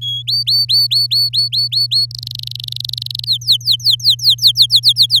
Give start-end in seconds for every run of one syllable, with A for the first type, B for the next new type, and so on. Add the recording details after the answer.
0.01-0.22 A, 0.27-2.06 B, 2.11-3.25 C, 3.26-5.20 D. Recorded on 11 May 2018 at 05:45. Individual llb16